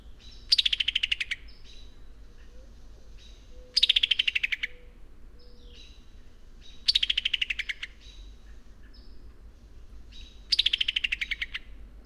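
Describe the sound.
Bird singing a buzzy, stuttering phrase that drops in pitch, repeated four times at regular intervals, with quiet whistles in the gaps.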